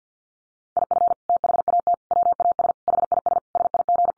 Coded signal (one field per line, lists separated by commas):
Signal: Morse code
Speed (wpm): 50 wpm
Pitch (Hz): 700 Hz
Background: none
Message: IF THAT WAS HIS SIG